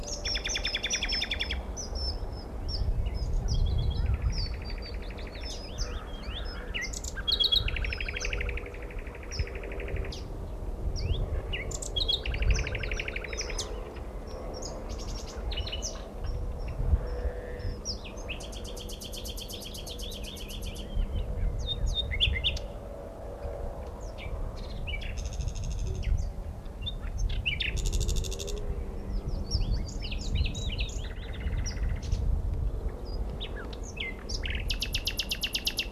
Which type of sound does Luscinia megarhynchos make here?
song